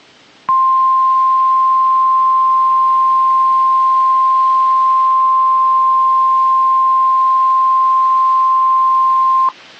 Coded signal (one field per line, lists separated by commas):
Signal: Emergency Alert System (SAME) tones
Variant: 1050 Hz attention tone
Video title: NOAA Weather Radio - Flood Warning [EAS #310] (6/26/23)